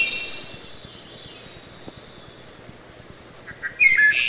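Wood thrush singing. A shimmering high trill comes first, then a pause before soft notes and a clear fluted phrase near the end.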